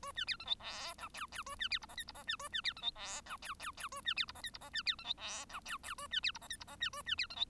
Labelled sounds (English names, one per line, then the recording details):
Bengalese Finch song
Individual Bird1